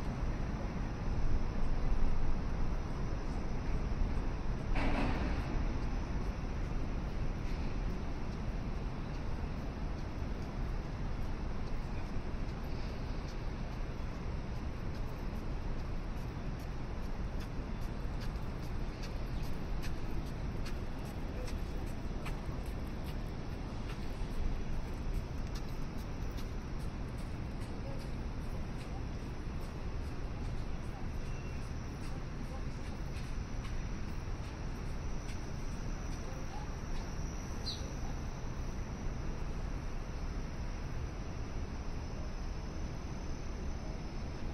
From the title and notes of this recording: River Walk at Sunrise, Binaural City Sounds. Morning walk in Downtown Chicago, Illinois during the morning sunrise. I'm visiting Chicago for a few weeks in Chicago and wanted to record this on a chill morning when the River Walk wouldn't be to overly crowded with people.